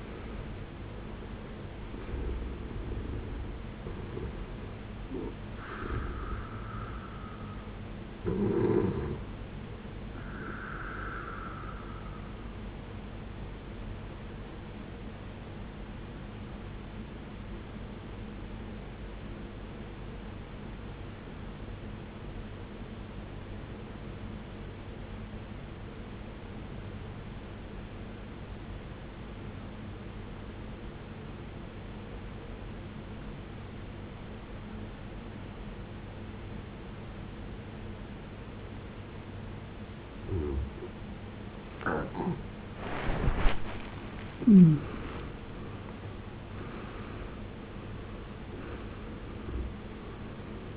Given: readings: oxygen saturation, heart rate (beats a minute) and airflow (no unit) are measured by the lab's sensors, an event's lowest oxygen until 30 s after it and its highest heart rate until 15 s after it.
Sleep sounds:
breathing in sleep by a voice recorder at the bedside; 1
3.00-50.77 s: new sleep stage, N1 (lightest sleep)
15.00-42.70 s: obstructive apnea (N1, oxygen 94% highest, then 75% lowest, heart rate 62 at the start, 80 highest)
From the record:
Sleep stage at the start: N2 (light sleep); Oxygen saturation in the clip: 75 to 94%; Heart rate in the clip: 53 to 81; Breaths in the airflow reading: 7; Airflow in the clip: -19.6 to 18.5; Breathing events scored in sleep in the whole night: 389 in 6.3 hours asleep

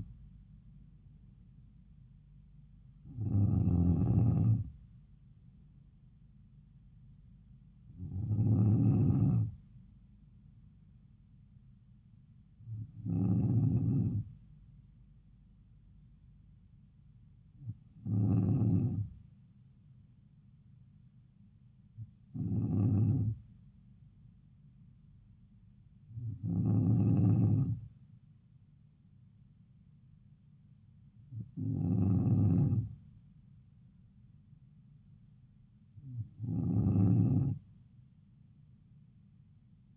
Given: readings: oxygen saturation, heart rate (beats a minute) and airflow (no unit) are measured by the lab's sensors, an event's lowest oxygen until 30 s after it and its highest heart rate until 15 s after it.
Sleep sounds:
breathing in sleep by a smartphone at the bedside; none
none scored
From the record:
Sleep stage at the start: N2 (light sleep); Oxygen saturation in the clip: 93 to 94%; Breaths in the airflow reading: 8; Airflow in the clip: -4.2 to 4.1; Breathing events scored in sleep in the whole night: 270 in 6.1 hours asleep

